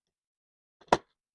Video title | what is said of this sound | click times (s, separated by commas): Watch the assembly and demo of this cordless spa vacuum | until it clicks into place, and then your brush is attached for your 180 degree cleaning. | 0.9 s